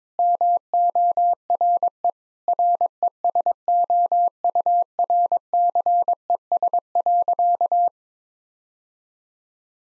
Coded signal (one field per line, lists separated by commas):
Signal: Morse code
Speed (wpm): 22 wpm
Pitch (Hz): 700 Hz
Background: none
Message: MORE RESOURCES.